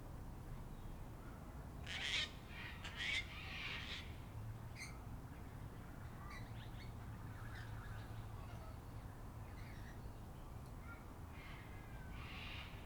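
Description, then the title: Sulphur-crested cockatoo calls: a cluster of raspy, grating screeches early on, followed by scattered softer squawks and chirps from other birds against a constant low hum. Local cockatoos, said to number about 500, with other birds; an evening in Canberra, recorded in April 2020 during lockdown. "An Evening in Canberra (Feat. 500 Cockies)"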